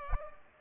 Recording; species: mosquito wingbeat signal from an infrared sensor; Culex pipiens